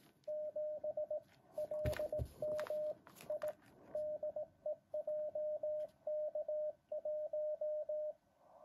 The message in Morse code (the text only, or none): 7LMI DE JK1